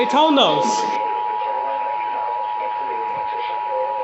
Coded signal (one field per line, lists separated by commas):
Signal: Emergency Alert System (SAME) tones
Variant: 853 and 960 Hz attention tone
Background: speech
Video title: Izzy's Rare Batch of Goodness... | EAS #2089-2108 (1/14/2022)